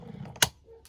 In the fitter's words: клацнув і все